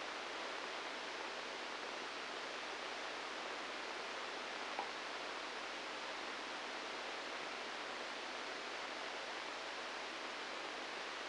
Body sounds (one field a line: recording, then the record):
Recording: brain microelectrode recording played as sound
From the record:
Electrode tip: inside the subthalamic nucleus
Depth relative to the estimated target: 3 mm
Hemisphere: left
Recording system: NeuroSet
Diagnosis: Parkinson's disease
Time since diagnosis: 10 years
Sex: male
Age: 63 years